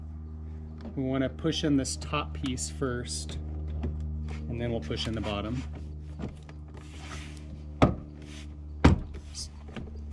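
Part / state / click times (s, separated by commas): door trim panel clips into vehicle door / seated / 7.8 s, 8.9 s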